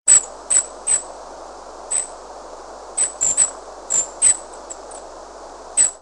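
Red-crowned firecrest calls: very high, thin, short notes given singly or in quick pairs at uneven intervals, about ten in six seconds, over a low steady hiss.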